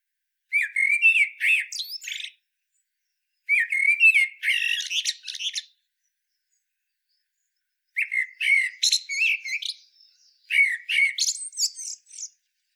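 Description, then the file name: Common blackbird singing four phrases: low flute-like whistles breaking into rapid high squeaky twittering, with pauses of varying length between them. "Turdus merula"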